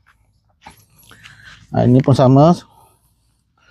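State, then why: Not seated. An iron tent frame pole is handled at its pole-joint lock while someone talks, with faint handling noises and a brief tick near 1.1 s. Nothing has seated or clicked yet; the clip ends before the pole goes home and the lock clicks shut.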